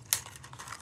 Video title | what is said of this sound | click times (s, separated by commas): Blinory, A Nice Budget Drone For Anyone Who Doesn’t need 4K | nice click click click a nice snap it doesn't feel too cheap | 0.1 s